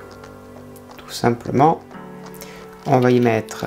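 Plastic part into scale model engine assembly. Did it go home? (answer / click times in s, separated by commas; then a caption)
no / none. A second small plastic part is being handled for the engine assembly of a 1/8 scale Mercedes-Benz 300 SL full kit model, about to be pressed into place. Someone talks over background music, with a few faint ticks of handling. Nothing has seated or clicked yet; the part is not yet home.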